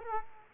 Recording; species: mosquito wingbeat signal from an infrared sensor; Culex quinquefasciatus